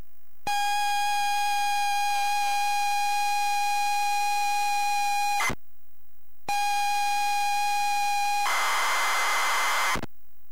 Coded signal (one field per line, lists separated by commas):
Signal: ZX Spectrum tape loading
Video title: ZX Spectrum Rick Dangerous